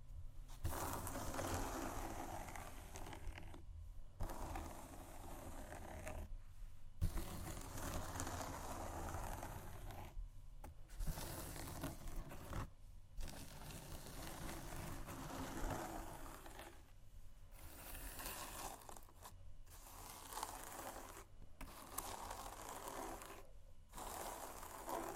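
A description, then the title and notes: Shoes scratch and scuff in rough, dense bursts, broken by brief silent gaps every few seconds, with a faint low hum underneath throughout. ASMR Shoes Scratching & Tapping（No Talking）.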